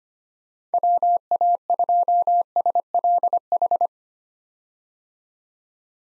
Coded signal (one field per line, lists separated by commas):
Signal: Morse code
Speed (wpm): 25 wpm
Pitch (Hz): 700 Hz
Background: none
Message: WA2SLH